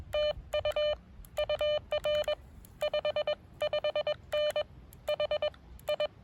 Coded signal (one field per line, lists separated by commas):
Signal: Morse code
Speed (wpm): 21 wpm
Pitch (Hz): 600 Hz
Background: none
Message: TU UR 55N H I